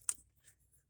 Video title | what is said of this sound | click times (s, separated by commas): 20014 chevy silverado oil pressure switch/thermostat. | boom clicks into place | 0.1 s